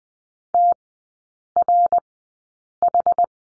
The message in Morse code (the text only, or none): TRH